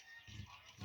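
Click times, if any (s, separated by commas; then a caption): none. A plastic transformation part is handled against the body of an Earthrise Ironhide transforming-robot toy during conversion, after the arms have been separated. Soft, low rustling handling noise swells around 0.3–0.45 seconds and again near 0.8–0.9 seconds, with no sharp click. Nothing has seated or clicked yet.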